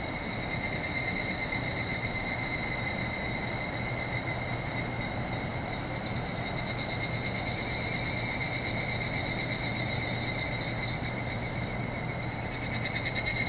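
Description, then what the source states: Chorus of evening cicada, ringing pulsed tones rising and falling in waves, with a surge near the end, above a constant deep water rumble. Chorus calling back and forth in forest after sunset, 31 July 2020, end of rainy season after heavy rain; distant swollen river roaring; recorded with ZOOM H6 and Sennheiser MKH8020.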